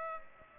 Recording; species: mosquito wingbeat signal from an infrared sensor; Aedes aegypti